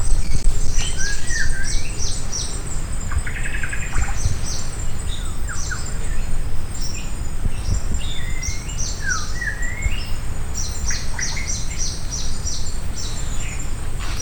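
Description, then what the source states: Shama song: short rich whistled phrases, some rising and falling, over steady low rumbling noise with many thin high chirps throughout. Recorded on Maratua.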